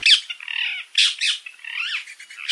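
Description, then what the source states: Rose-ringed parakeet squawks: harsh, grating screeches and a few drawn-out wavering notes in irregular bursts. Feral bird in Cologne, Germany, from a population of captive escapees native to Central Africa; accompanied the speakers on a walk; Cologne population about 3000 birds, some 700 breeding pairs.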